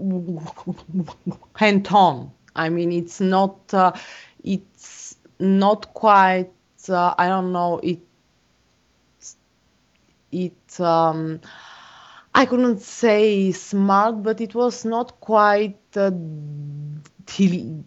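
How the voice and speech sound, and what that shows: An adult speaks in broken runs, with stretched sounds on words like "not", "it" and "say", restarts of "it's not quite", an "um" and a long silent gap mid-phrase. These prolongations and blocks fit mild adult stuttering, in a person who has stuttered since childhood.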